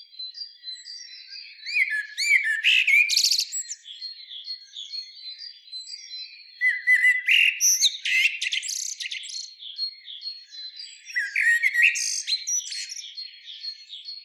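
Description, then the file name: Common blackbird delivering three bouts of twittering, scratchy notes and slurred chirps, each a few seconds long, while a thin, even, high tone runs underneath. "Turdus merula"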